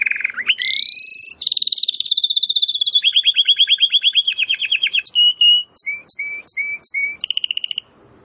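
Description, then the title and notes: Domestic canary song with a rising opening phrase, rapid trills, then a few short clear whistled notes and a final trill. Belgian canary singing; labelled 'Campainha'. "Canário Belga Campainha Canary Singing. Canario Belga Cantando"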